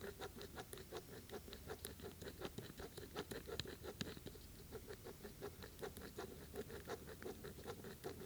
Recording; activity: daily activity, guitar pickup as the sensor; write